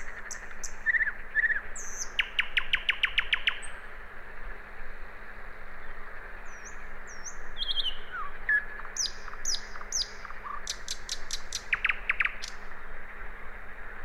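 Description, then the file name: Common nightingale singing several phrases: a fast string of repeated notes, whistled slides and chattering bursts, set against a continuous low hum. "Luscinia megarhynchos"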